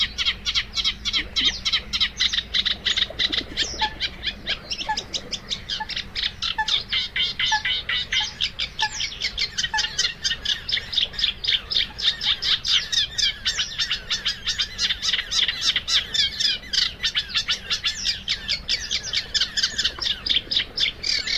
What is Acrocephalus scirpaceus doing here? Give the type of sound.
song